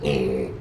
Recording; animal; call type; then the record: contact call of a hoofed animal; pig; closed-mouth grunt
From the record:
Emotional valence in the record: negative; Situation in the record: short social isolation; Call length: 0.61 s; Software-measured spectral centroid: 1720 Hz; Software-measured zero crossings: 1000 a second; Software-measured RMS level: -24 dBFS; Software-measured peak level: -9 dBFS